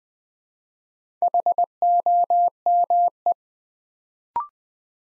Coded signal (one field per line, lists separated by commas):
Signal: Morse code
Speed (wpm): 20 wpm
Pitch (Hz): 700 Hz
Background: none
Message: HOME